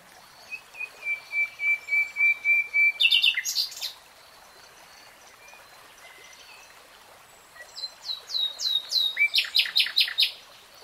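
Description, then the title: Nightingale song: a run of soft piping whistles on one pitch, then a loud rapid burst of clicking notes, a pause, and another pulsed rattling phrase. Real-time recording of a nightingale singing. "[Tiếng chim hót] REALTIME Nightingale Singing"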